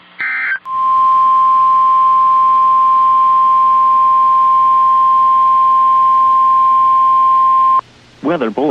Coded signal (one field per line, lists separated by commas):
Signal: Emergency Alert System (SAME) tones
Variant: 1050 Hz attention tone